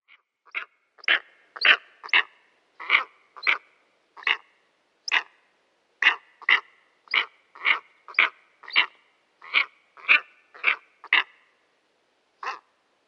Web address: Schulze Peter Steppe Eagle